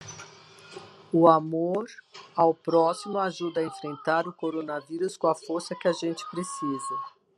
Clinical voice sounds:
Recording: spoken sentence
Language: Brazilian Portuguese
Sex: female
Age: 60 to 69 years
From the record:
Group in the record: control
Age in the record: 65 years

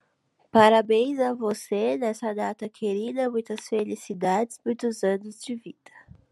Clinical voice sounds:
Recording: short text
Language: Brazilian Portuguese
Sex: female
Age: 20 to 29 years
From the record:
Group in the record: control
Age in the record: 24 years

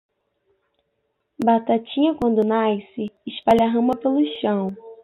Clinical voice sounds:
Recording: short text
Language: Brazilian Portuguese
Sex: female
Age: 20 to 29 years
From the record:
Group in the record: control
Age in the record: 20 years

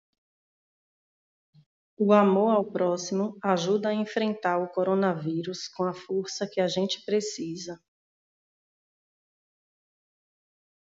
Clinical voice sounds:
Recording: spoken sentence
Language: Brazilian Portuguese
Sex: female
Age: 40 to 49 years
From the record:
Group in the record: control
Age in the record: 42 years

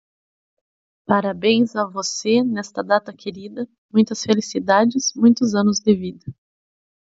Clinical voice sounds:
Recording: short text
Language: Brazilian Portuguese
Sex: female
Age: 30 to 39 years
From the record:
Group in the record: control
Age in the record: 38 years

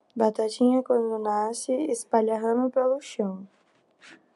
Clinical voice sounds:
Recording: short text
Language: Brazilian Portuguese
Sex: female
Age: 20 to 29 years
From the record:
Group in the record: control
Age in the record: 22 years

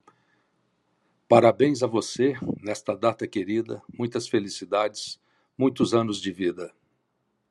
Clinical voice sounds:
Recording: short text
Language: Brazilian Portuguese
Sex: male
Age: 60 to 69 years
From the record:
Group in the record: control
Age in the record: 65 years

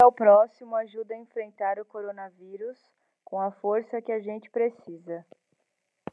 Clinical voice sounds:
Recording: spoken sentence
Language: Brazilian Portuguese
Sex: female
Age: 30 to 39 years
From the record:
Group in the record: control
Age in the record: 30 years

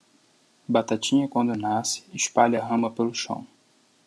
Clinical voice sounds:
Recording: short text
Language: Brazilian Portuguese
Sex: male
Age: 20 to 29 years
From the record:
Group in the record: control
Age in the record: 27 years

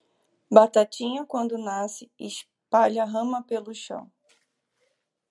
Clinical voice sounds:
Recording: short text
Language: Brazilian Portuguese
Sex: female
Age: 30 to 39 years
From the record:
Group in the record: control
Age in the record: 32 years

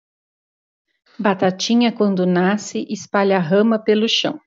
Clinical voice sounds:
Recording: short text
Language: Brazilian Portuguese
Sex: female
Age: 50 to 59 years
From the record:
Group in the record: control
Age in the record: 52 years

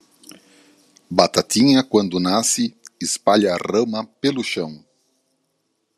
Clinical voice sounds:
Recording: short text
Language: Brazilian Portuguese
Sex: male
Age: 50 to 59 years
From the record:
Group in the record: control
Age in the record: 56 years

